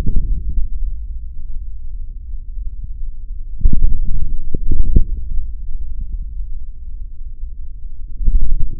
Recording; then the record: forearm muscle sounds (acoustic myography)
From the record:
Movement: forearm pronation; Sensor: system 3, bracelet of six PUI Audio POM-2738L microphones around the upper forearm, with dedicated amplification and filtering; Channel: 2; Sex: male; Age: 26 years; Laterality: right